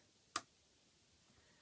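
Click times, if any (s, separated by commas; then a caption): 0.4 s. A small, thin metal cutting die (a framelit) is set down onto a magnetic cutting platform and snaps against it with one sharp, bright click at 0.4 s. Only a quiet, steady background follows. The die is seated and held in place by the magnet but can still be moved gently.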